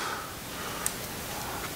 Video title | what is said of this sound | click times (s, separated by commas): Cam Chest Teardown: Part 1 | and that just pops right in there and just set | 0.9 s